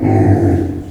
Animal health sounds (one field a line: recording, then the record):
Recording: squeal of a Yucatan mini pig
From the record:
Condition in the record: before surgery on the right vocal fold (resection and tissue-engineered implant)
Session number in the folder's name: 3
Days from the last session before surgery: 0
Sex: female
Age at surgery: 19 weeks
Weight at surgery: 25 kg